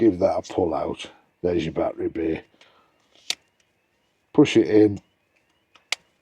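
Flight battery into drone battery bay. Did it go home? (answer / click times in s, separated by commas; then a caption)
yes / 5.9 s. A flight battery for a Ruko F11 PRO 2 drone is pulled out of and then pushed back into the drone's rear battery bay while someone talks. A sharp snap is heard at about 3.3 s. A soft tick at about 5.8 s is followed by a crisp click at 5.9 s as the latch engages and the battery seats properly in the bay.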